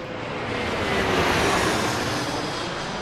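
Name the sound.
jet airplane engine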